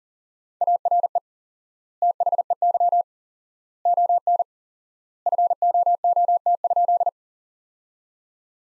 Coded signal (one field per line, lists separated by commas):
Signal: Morse code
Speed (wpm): 40 wpm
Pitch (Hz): 700 Hz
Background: none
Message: ARE THEY ON FOOT?